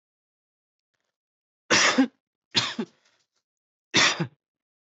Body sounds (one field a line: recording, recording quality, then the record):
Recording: heavy voluntary cough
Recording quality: excellent, no background noise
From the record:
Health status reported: healthy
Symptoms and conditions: none ticked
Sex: male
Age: 24 years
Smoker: not ticked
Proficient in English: yes